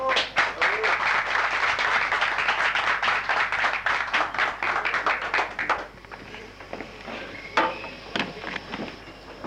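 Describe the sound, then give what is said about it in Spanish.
An audience at a bookshop in El Quisco breaks into warm applause welcoming a poet, a dense, steady roar of clapping for several seconds that then thins out into a few scattered, fading claps. “Así que les invito a escucharla y la recibimos con un caluroso aplauso”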